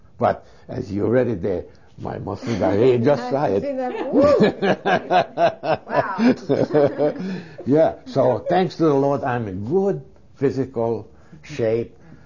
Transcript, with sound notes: But, as you read it there, my muscles, are really just right. (They laugh.) Yeah. So thanks to the Lord i'm in good physical shape.